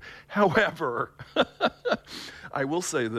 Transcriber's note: laughter